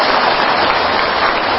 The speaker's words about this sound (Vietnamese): À, để cho anh chàng pháo tay luôn.